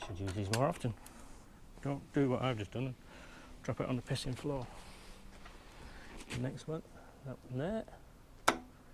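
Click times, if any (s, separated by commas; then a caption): 8.5 s. Someone talks while working on the plastic push rivets in a body panel of a 2018 Honda CB1000R during tank removal. The centre of the next rivet is pushed in and releases with a sharp click at 8.5 s.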